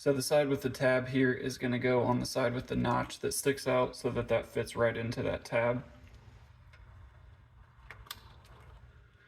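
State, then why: Seated. Someone talks while lining up the tab on a trailer/lighting wiring harness plug with the notch on its mating plastic connector on the rear bumper lighting of a 1994 Chevy K1500. After the talking stops, the plug is pushed in, and two sharp clicks at 7.9 s and 8.1 s mark it locking into place, seated and connected.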